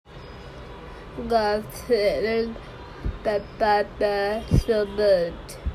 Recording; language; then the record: elicited speech; Bengali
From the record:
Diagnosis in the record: Broca's or global aphasia after a stroke